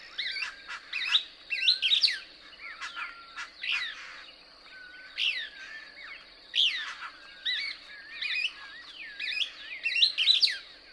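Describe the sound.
Couch's Kingbird twittering song: many high, slurred, buzzy notes in irregular bursts, with softer thin whistles between.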